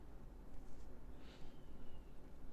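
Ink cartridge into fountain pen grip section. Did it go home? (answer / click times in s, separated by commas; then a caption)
no / none. A blue ink cartridge is pushed onto the piercing nib section of a fountain pen so it will snap in and be punctured. Only low rumble, soft rustling and faint hiss are heard, and nothing has snapped or clicked yet. The cartridge fails to seat, apparently because the pen is too big for that ink.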